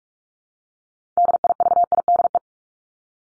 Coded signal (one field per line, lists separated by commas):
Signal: Morse code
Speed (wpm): 44 wpm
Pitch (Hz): 700 Hz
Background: none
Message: DIVIDE